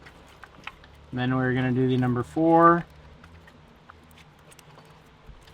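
The engine harness plug is pushed onto the number six ignition coil pack of a VQ35DE engine, and the plastic connector clicks as it locks in place at about 0.7 s, amid a few other faint ticks. Someone then talks, and more small ticks follow.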